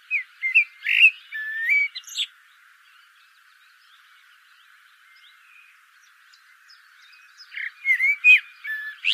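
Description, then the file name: Eurasian blackbird with mellow whistled phrases at the start, a long quiet gap, then a fresh burst of fluty notes mixed with sharper high twittering. "Turdus merula"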